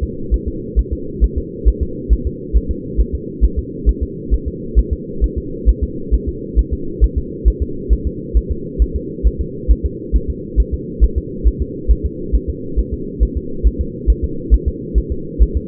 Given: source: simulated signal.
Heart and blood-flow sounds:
fetal heart sounds
0.03 s: S2
0.34 s: S1
0.48 s: S2
0.79 s: S1
0.93 s: S2
1.24 s: S1
1.38 s: S2
1.68 s: S1
1.83 s: S2
2.13 s: S1
2.27 s: S2
2.57 s: S1
2.71 s: S2
3.00 s: S1
3.15 s: S2
3.45 s: S1
3.59 s: S2
3.89 s: S1
4.03 s: S2
4.34 s: S1
4.48 s: S2
4.79 s: S1
4.93 s: S2
5.24 s: S1
5.38 s: S2
5.69 s: S1
5.83 s: S2
6.14 s: S1
6.29 s: S2
6.59 s: S1
6.73 s: S2
7.04 s: S1
7.18 s: S2
7.48 s: S1
7.62 s: S2
7.93 s: S1
8.07 s: S2
8.37 s: S1
8.51 s: S2
8.82 s: S1
8.96 s: S2
9.27 s: S1
9.41 s: S2
9.71 s: S1
9.86 s: S2
10.16 s: S1
10.30 s: S2
10.60 s: S1
10.74 s: S2
11.04 s: S1
11.18 s: S2
11.47 s: S1
11.62 s: S2
11.91 s: S1
12.05 s: S2
12.35 s: S1
12.50 s: S2
12.79 s: S1
12.94 s: S2
13.23 s: S1
13.37 s: S2
13.67 s: S1
13.81 s: S2
14.10 s: S1
14.24 s: S2
14.54 s: S1
14.68 s: S2
14.98 s: S1
15.12 s: S2
15.42 s: S1
15.57 s: S2
From the record:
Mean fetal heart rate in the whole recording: 135 bpm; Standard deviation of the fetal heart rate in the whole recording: 3 bpm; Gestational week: 34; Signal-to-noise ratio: -4.3 dB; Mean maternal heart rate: 72 bpm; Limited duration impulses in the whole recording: absent

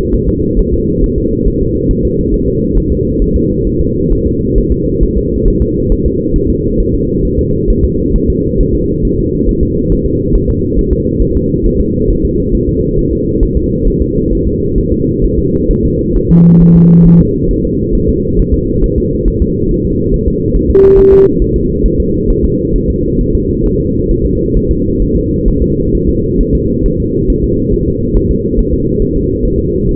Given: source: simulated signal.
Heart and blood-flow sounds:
fetal heart sounds
0.14 s: S1
0.28 s: S2
0.59 s: S1
0.73 s: S2
1.04 s: S1
1.18 s: S2
1.47 s: S1
1.62 s: S2
1.91 s: S1
2.05 s: S2
2.34 s: S1
2.48 s: S2
2.77 s: S1
2.92 s: S2
3.22 s: S1
3.36 s: S2
3.67 s: S1
3.81 s: S2
4.12 s: S1
4.27 s: S2
4.58 s: S1
4.72 s: S2
5.03 s: S1
5.18 s: S2
5.48 s: S1
5.62 s: S2
5.92 s: S1
6.06 s: S2
6.36 s: S1
6.50 s: S2
6.80 s: S1
6.94 s: S2
7.25 s: S1
7.39 s: S2
7.70 s: S1
7.84 s: S2
8.16 s: S1
8.30 s: S2
8.61 s: S1
8.75 s: S2
9.05 s: S1
9.19 s: S2
9.49 s: S1
9.63 s: S2
9.92 s: S1
10.06 s: S2
10.35 s: S1
10.50 s: S2
10.79 s: S1
10.93 s: S2
11.22 s: S1
11.37 s: S2
11.66 s: S1
11.81 s: S2
12.10 s: S1
12.25 s: S2
12.55 s: S1
12.69 s: S2
12.99 s: S1
13.13 s: S2
13.43 s: S1
13.57 s: S2
13.88 s: S1
14.02 s: S2
14.33 s: S1
14.47 s: S2
14.78 s: S1
14.92 s: S2
15.24 s: S1
15.39 s: S2
15.71 s: S1
15.85 s: S2
16.16 s: S1
16.31 s: S2
16.62 s: S1
16.76 s: S2
17.07 s: S1
17.21 s: S2
17.51 s: S1
17.65 s: S2
17.95 s: S1
18.09 s: S2
18.40 s: S1
18.54 s: S2
18.84 s: S1
18.98 s: S2
19.28 s: S1
19.42 s: S2
19.71 s: S1
19.85 s: S2
20.14 s: S1
20.28 s: S2
20.56 s: S1
20.71 s: S2
20.99 s: S1
21.13 s: S2
21.42 s: S1
21.56 s: S2
21.86 s: S1
22.00 s: S2
22.30 s: S1
22.44 s: S2
22.76 s: S1
22.90 s: S2
23.21 s: S1
23.35 s: S2
23.66 s: S1
23.81 s: S2
24.11 s: S1
24.26 s: S2
24.57 s: S1
24.71 s: S2
25.02 s: S1
25.16 s: S2
25.48 s: S1
25.62 s: S2
25.94 s: S1
26.09 s: S2
26.41 s: S1
26.55 s: S2
26.86 s: S1
27.00 s: S2
27.30 s: S1
27.44 s: S2
27.74 s: S1
27.88 s: S2
28.16 s: S1
28.31 s: S2
28.59 s: S1
28.73 s: S2
29.02 s: S1
29.16 s: S2
29.45 s: S1
29.59 s: S2
29.89 s: S1
From the record:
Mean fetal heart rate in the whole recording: 135 bpm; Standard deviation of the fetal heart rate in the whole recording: 3 bpm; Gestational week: 36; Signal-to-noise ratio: -14.7 dB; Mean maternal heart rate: 72 bpm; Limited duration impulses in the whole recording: present

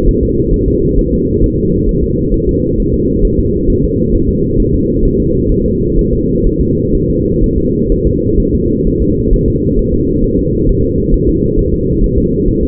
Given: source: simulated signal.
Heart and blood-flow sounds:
fetal heart sounds
0.09 s: S1
0.23 s: S2
0.54 s: S1
0.68 s: S2
0.99 s: S1
1.13 s: S2
1.44 s: S1
1.58 s: S2
1.89 s: S1
2.04 s: S2
2.34 s: S1
2.49 s: S2
2.80 s: S1
2.94 s: S2
3.25 s: S1
3.39 s: S2
3.70 s: S1
3.84 s: S2
4.15 s: S1
4.29 s: S2
4.60 s: S1
4.75 s: S2
5.05 s: S1
5.20 s: S2
5.52 s: S1
5.66 s: S2
5.99 s: S1
6.13 s: S2
6.47 s: S1
6.61 s: S2
6.95 s: S1
7.10 s: S2
7.44 s: S1
7.58 s: S2
7.92 s: S1
8.07 s: S2
8.40 s: S1
8.55 s: S2
8.87 s: S1
9.02 s: S2
9.33 s: S1
9.48 s: S2
9.79 s: S1
9.94 s: S2
10.24 s: S1
10.39 s: S2
10.69 s: S1
10.84 s: S2
11.14 s: S1
11.29 s: S2
11.59 s: S1
11.74 s: S2
12.04 s: S1
12.18 s: S2
12.48 s: S1
12.63 s: S2
From the record:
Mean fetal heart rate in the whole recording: 130 bpm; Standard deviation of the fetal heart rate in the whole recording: 4 bpm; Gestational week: 38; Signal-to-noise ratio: -14.7 dB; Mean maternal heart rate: 72 bpm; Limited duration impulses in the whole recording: present

